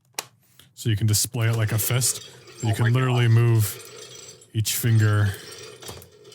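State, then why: Seated. A finger joint on a light-up collectible gauntlet replica with posable, metal-sounding fingers locks into place via a small hidden switch, giving a sharp click at 0.2 s. Someone then talks, with a faint tap near the end.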